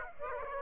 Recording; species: mosquito wingbeat signal from an infrared sensor; Aedes aegypti